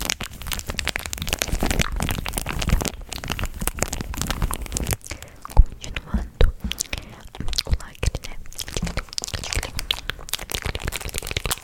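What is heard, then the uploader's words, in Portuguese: Many mouth sounds, a dense run of wet clicks, smacks and crackles throughout, with sharper louder pops near six and eight seconds. ASMR TE CONTANDO ALTAS FOFOCAS (inaudível com sons de boca). Nesse ASMR te conto várias fofocas em inaudível e muitos sons de boca, extremamente arrepiantes.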